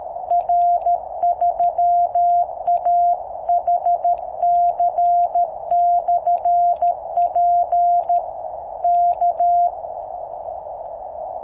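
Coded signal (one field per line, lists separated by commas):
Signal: Morse code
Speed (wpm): 13 wpm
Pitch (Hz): 700 Hz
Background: none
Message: R3AHC/P K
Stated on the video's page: QRP CW on QCX-mini transceiver powered by 3x18650 cells, 10 m end-fed antenna with 1:64 balun on 7 m fishing-pole mast.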